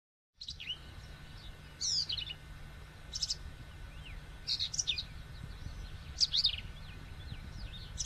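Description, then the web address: Birds chirping, with bursts of sharp high chirps and quick trills every second or two, over a steady low hum and faint background hiss. Many birds recorded in Texas on 29 May 2005, in the afternoon. "Texas Rare Many Birds 20050529 PM"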